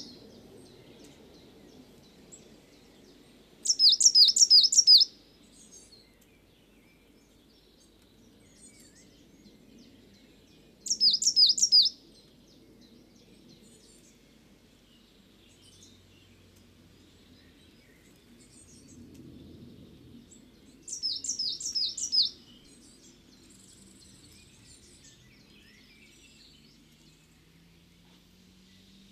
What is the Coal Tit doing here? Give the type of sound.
song